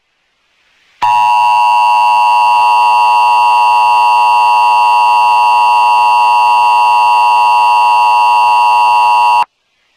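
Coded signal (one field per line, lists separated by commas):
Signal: Emergency Alert System (SAME) tones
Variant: 853 and 960 Hz attention tone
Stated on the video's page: Fictional EAS scenario.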